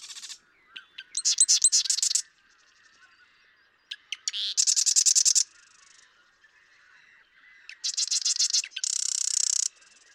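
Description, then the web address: Marsh Wren song: a few sharp introductory clicks, then fast mechanical rattling trills, repeated in several bursts over ten seconds, loud and dry. "birdsongforthecurious Marsh Wren"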